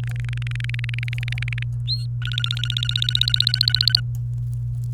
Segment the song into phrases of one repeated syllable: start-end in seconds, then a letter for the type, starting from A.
0.04-1.63 A, 1.87-2.06 B, 2.22-4.00 C